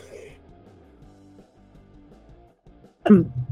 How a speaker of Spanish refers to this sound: Estoy tosiendo como perro, pero ya no estoy muriéndome como la semana pasada. Y lo de la tos me dio hoy, no sé por qué, la verdad.